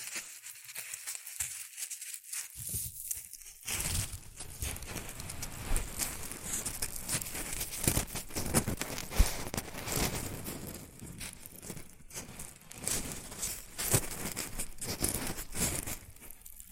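Shredded tissue and packing peanuts are rustled and crinkled in a dense, continuous stream of dry crackling. The first few seconds are sparser, with short bursts and brief gaps, then the handling becomes steady and busy, with frequent sharper crinkles and pops throughout.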